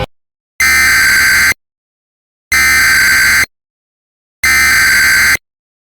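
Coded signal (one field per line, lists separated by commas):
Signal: Emergency Alert System (SAME) tones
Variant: header bursts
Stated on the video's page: Fictional EAS scenario; simulated alert tones.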